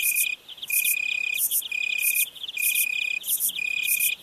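Cricket chirping: high, shrill trilled bursts repeated steadily.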